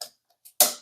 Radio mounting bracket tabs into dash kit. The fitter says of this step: they'll snap right in place like that, guys.